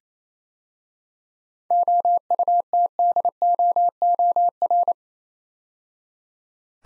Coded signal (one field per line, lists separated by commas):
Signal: Morse code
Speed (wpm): 28 wpm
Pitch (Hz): 700 Hz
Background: none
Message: OUTDOOR